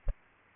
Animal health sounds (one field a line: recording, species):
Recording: mosquito wingbeat signal from an infrared sensor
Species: Culex pipiens